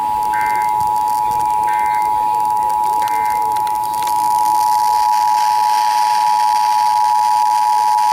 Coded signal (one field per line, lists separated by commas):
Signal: Emergency Alert System (SAME) tones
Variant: 853 and 960 Hz attention tone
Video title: EXCESSIVE PERIODIC HEAT WARNINGS...EAS Alerts from 8/11/21 (EAS #6,004 - 6,030)